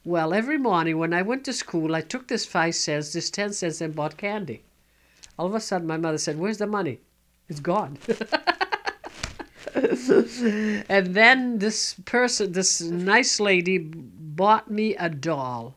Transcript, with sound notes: Well, every morning when I went to school, I took this five cents, this ten cents, and bought candy. All of a sudden my mother said, "Where's the money?" "It's gone." ( she laughs ) And then this nice lady bought me a doll.